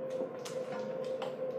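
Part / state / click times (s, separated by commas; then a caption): disposable plastic breathing circuit into an airway clearance (nebulizer/oscillation) device / seated / 0.5 s, 1.2 s. A disposable plastic breathing circuit is fitted onto a MetaNeb airway clearance (nebulizer/oscillation) device by a respiratory therapist. Over a steady tone near 500 Hz, two soft clicks sound at 0.5 s and 1.2 s. The circuit locks into place.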